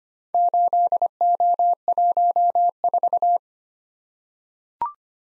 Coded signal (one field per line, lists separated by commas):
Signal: Morse code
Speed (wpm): 25 wpm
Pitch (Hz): 700 Hz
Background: none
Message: 8O14